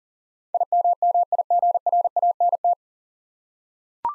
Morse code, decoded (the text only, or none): IMMIGRANT